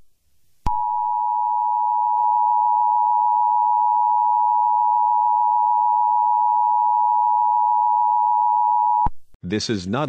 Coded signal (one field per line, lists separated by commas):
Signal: Emergency Alert System (SAME) tones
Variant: 853 and 960 Hz attention tone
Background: speech